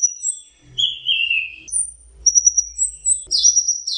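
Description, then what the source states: Orange-headed thrush singing long drawn whistles and a slurred falling phrase, ending in a burst of buzzy notes. Masteran song used for training kept birds.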